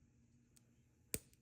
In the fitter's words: if you listen, you can actually hear the pop from